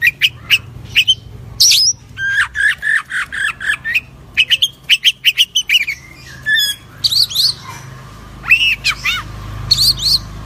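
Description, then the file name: Oriental magpie-robin singing a varied, fast series of clipped chirps, scratchy notes and slurred whistles, delivered in quick runs separated by short gaps. "suara kacer asli"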